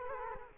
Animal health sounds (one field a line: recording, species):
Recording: mosquito wingbeat signal from an infrared sensor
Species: Culex quinquefasciatus